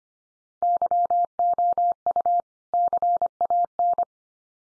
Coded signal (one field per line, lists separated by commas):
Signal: Morse code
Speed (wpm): 25 wpm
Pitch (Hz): 700 Hz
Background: none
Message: YOU CAN